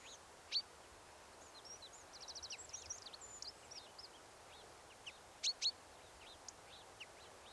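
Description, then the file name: Eurasian wren song, a rapid high jumble of thin notes and a fast trill, with loud sharp notes near the start and toward the end, over faint background hiss. "Troglodytes troglodytes"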